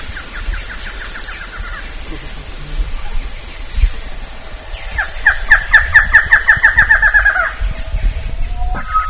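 Bird calls in two rapid runs of short, sharp, down-slurred notes, a brief run early and a longer, louder burst of a dozen or more notes later, over steady low rumble.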